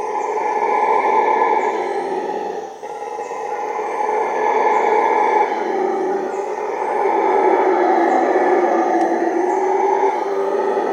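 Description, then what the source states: Howler monkey chorus of deep rasping roars, falling quiet for a moment then building again in slow swells, faint high chirps behind. Howling at midnight.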